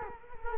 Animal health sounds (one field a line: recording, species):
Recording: mosquito wingbeat signal from an infrared sensor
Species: Culex quinquefasciatus